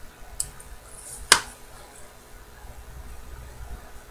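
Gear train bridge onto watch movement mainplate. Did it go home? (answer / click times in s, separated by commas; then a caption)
yes / 1.3 s. A small metal gear-train bridge is worked down over the wheel pivots of a Poljot 2614.2H wristwatch movement until it drops onto its locating pins on the mainplate. A soft tick at 0.4 s comes before a loud, sharp snap at 1.3 s, followed by quiet handling. The bridge seats in place.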